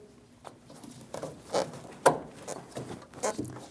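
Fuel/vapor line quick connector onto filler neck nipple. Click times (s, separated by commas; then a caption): 2.1 s. A fuel/vapor line quick-connect fitting is installed onto the filler neck nipple port of a 2011–2018 Ram 1500 and pulled back, with soft handling rustles and light taps throughout. One sharp click stands out at 2.1 seconds as the connector seats.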